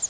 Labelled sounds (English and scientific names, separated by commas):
Northern Parula (Setophaga americana) flight call